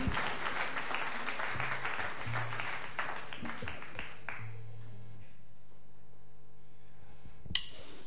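crowd, audience clapping

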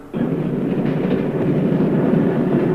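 vehicle, train running on rails

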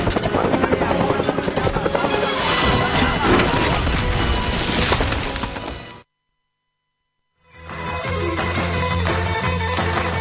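vehicle, helicopter

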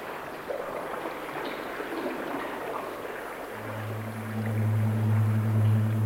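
nature, flowing water

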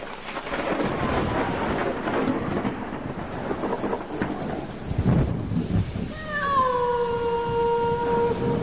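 nature, rain and thunder

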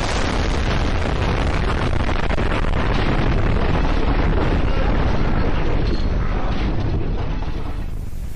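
sound effect, huge explosion

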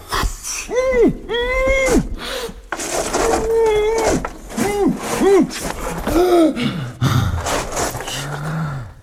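human body sound, gasping

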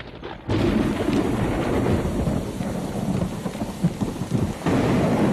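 nature, thunderstorm with heavy rain

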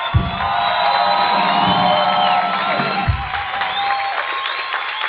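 crowd, audience applause and cheering

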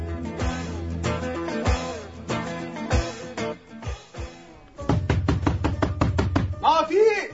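household object, knocking on a door

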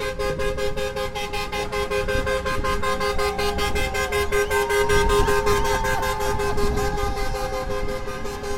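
vehicle, truck horn honking

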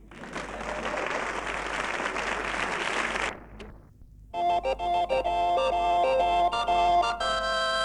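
crowd, audience applause

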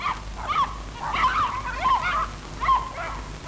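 animal, dogs barking

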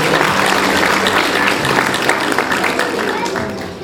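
crowd, audience applause

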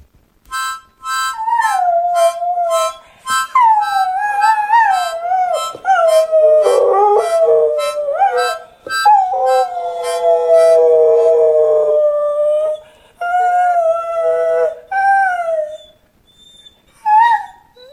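animal, dog howling

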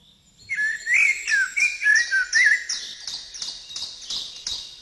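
bird, birdsong

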